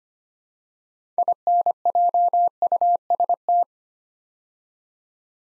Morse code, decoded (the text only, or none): INJUST